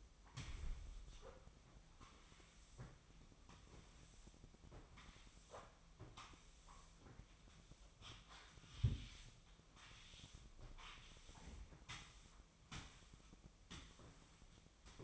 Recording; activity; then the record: daily activity, microphone in the room; sweep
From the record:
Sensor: 1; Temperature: 24.0 degrees Celsius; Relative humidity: 35.2%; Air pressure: 1004.7 hPa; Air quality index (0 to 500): 97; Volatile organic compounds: 3 ppm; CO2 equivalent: 1324 ppm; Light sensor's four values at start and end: 9/22/8/9 and 9/21/8/9